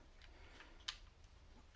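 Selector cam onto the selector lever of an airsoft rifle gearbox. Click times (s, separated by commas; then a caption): 0.9 s. A small selector cam, lined up with its notch, is pressed onto the selector lever of a CYMA CM.522 Version 3 airsoft AK gearbox, likely plastic onto metal. After a faint tick at 0.2 s, one sharp, bright click at 0.9 s marks the cam snapping into place, leaving it seated.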